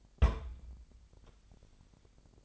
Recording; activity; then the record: daily activity, microphone in the room; place on stove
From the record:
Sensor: 5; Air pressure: 999.4 hPa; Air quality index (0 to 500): 224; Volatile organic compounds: 21 ppm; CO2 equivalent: 2733 ppm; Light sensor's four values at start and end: 30/67/28/27 and 31/71/29/29